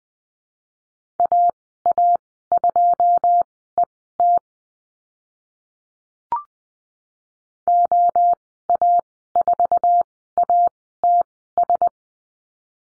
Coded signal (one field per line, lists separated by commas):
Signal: Morse code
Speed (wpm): 19 wpm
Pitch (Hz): 700 Hz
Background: none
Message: AA2ET OA4ATS